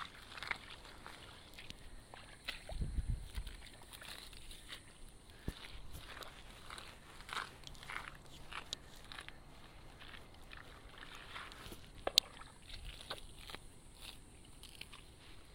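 Hand weeding in a rice paddy: steady irregular sloshing and splashing of water, a low thud near three seconds, a sharp click near twelve.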